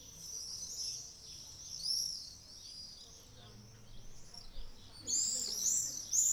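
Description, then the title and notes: Swallows giving soft twittering calls that fade, then a burst of louder high chatter near the end. About twenty swallows flying fast and low over houses, playing, on a summer morning in Ollo, Navarra. "Golondrinas En Ollo. Ollo, en Navarra donde durante una mañana de verano, donde unas veinte golondrinas revoloteaban a toda velocidad"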